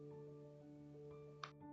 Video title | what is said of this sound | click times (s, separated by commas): Building the Prusa CORE One Kit! Part 3: Nextruder Assembly | Okay, that clicked in. | 1.4 s